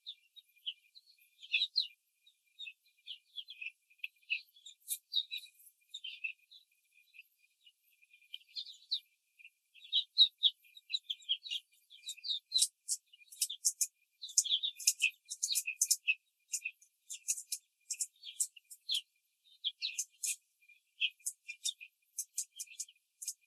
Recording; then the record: young laying hens in a cage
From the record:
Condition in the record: control cage, after the stress test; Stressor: none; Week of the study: 4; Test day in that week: 3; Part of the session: 3